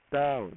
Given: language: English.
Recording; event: throat vibration sensor signal played as sound; speech